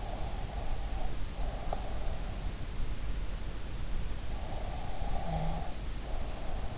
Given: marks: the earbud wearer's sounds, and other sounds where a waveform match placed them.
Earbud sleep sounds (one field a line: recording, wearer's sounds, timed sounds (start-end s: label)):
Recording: sounds in sleep by an in-ear microphone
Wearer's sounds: breath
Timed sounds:
0.14-2.38 s: breath
4.41-6.78 s: breath